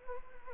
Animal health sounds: mosquito wingbeat signal from an infrared sensor; Anopheles arabiensis

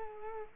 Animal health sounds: mosquito wingbeat signal from an infrared sensor; Culex quinquefasciatus

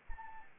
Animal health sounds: mosquito wingbeat signal from an infrared sensor; Anopheles arabiensis

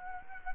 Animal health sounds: mosquito wingbeat signal from an infrared sensor; Culex quinquefasciatus

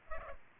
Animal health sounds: mosquito wingbeat signal from an infrared sensor; Culex pipiens

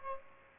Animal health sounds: mosquito wingbeat signal from an infrared sensor; Aedes aegypti

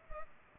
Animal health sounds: mosquito wingbeat signal from an infrared sensor; Culex pipiens

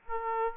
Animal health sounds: mosquito wingbeat signal from an infrared sensor; Aedes aegypti

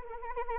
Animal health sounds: mosquito wingbeat signal from an infrared sensor; Anopheles arabiensis

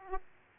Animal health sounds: mosquito wingbeat signal from an infrared sensor; Aedes aegypti

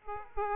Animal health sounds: mosquito wingbeat signal from an infrared sensor; Aedes aegypti

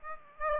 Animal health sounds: mosquito wingbeat signal from an infrared sensor; Aedes aegypti

